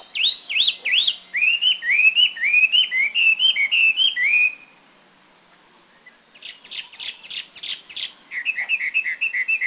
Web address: Taiwan April 2010 Taiwan Hwamei Near Huisun